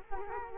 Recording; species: mosquito wingbeat signal from an infrared sensor; Culex quinquefasciatus